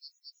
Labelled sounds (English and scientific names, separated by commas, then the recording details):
Yellowhammer (Emberiza citrinella) song
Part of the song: start
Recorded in the Czech Republic on 8 May 2013
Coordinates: 50.099, 13.143
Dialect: B?
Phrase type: A3
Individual 288883